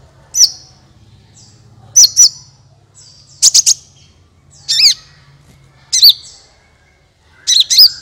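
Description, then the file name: Van Hasselt's Sunbird calls: sharp, high, slurred chirps in short bursts of one to three notes, repeated at regular intervals. "suara kolibri ninja"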